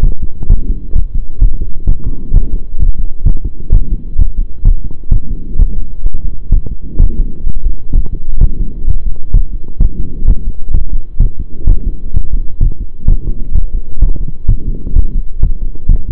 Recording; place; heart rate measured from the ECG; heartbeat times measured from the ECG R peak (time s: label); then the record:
heart sounds by stethoscope; between the tricuspid and mitral areas; 129 bpm
0.02 s: heartbeat
0.49 s: heartbeat
0.95 s: heartbeat
1.41 s: heartbeat
1.87 s: heartbeat
2.33 s: heartbeat
2.79 s: heartbeat
3.25 s: heartbeat
3.72 s: heartbeat
4.18 s: heartbeat
4.64 s: heartbeat
5.11 s: heartbeat
5.58 s: heartbeat
6.05 s: heartbeat
6.51 s: heartbeat
6.99 s: heartbeat
7.46 s: heartbeat
7.93 s: heartbeat
8.40 s: heartbeat
8.86 s: heartbeat
9.33 s: heartbeat
9.80 s: heartbeat
10.27 s: heartbeat
10.73 s: heartbeat
11.19 s: heartbeat
11.66 s: heartbeat
12.13 s: heartbeat
12.60 s: heartbeat
13.07 s: heartbeat
13.54 s: heartbeat
14.01 s: heartbeat
14.48 s: heartbeat
14.95 s: heartbeat
15.42 s: heartbeat
15.88 s: heartbeat
From the record:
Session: pedaling a stationary bicycle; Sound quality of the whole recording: saturated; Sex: male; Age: 23 years